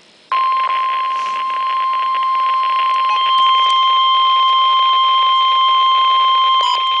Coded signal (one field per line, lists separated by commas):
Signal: Emergency Alert System (SAME) tones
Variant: 1050 Hz attention tone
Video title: Special Marine Warning {EAS #135}